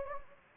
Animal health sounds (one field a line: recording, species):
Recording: mosquito wingbeat signal from an infrared sensor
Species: Anopheles gambiae